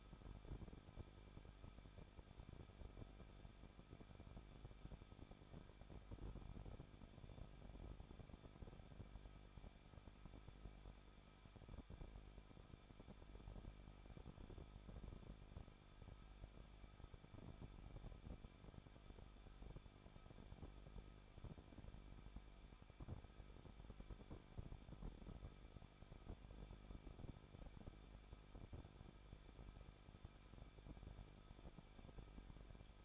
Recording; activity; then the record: daily activity, microphone in the room; no activity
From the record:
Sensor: 5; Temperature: 20.8 degrees Celsius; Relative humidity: 38.2%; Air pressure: 1006.4 hPa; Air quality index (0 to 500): 189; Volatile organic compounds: 19 ppm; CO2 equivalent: 2660 ppm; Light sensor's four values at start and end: 2/3/1/1 and 2/3/1/1